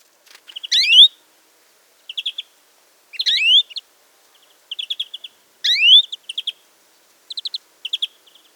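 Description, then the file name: European greenfinch calls: loud rising upslurred notes alternating with short fast trilled chip series, repeated about every one to two seconds in a quiet setting. "Chloris chloris"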